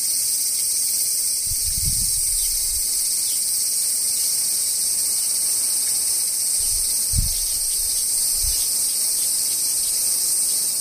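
Cicadas shrill in a dense, unbroken high drone, with a few soft low thumps around two, seven and eight seconds underneath.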